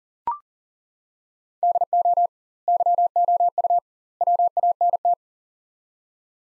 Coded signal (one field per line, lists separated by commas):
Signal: Morse code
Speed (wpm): 40 wpm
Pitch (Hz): 700 Hz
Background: none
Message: DO YOU WANT